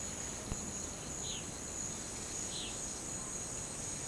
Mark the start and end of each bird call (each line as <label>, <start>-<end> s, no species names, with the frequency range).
bird call (2.6-4.8 kHz), 1.17-1.47 s
bird call (2.3-4.8 kHz), 2.45-2.76 s